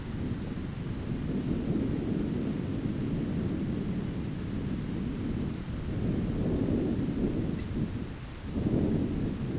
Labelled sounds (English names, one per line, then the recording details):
none
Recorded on Arctic tundra, site ZACK-1, on 15 June 2019
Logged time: 19:49